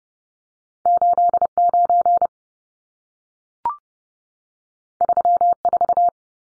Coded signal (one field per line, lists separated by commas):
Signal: Morse code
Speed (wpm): 30 wpm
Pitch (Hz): 700 Hz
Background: none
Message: 89 34